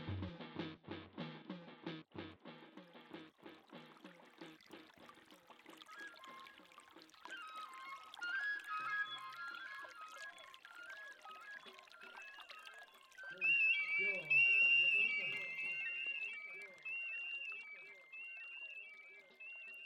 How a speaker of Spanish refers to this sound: Y vamos a sentir el sonido del agua.